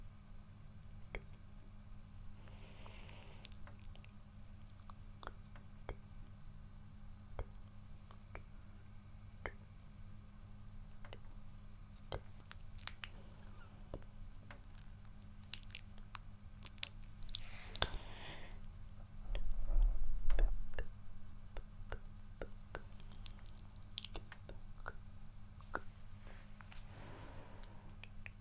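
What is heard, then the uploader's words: Soft, wet mouth sounds: quick lip smacks and tongue clicks scattered irregularly throughout, with a few breathy swells around 3, 18 and 27 seconds. A steady low hum runs underneath, and the sounds grow briefly louder near 20 seconds. ASMR Gently Touching & Poking Your Face (Personal AttentionSoft Mouth Sounds).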